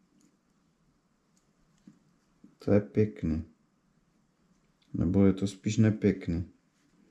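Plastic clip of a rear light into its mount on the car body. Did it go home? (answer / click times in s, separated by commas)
no / none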